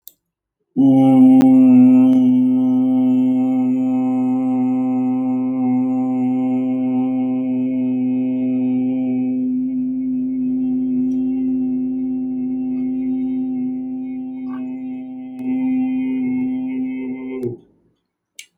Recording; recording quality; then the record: sustained vowel as in boot; excellent, no background noise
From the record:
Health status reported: healthy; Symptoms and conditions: none ticked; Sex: male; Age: 35 years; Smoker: not ticked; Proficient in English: yes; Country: India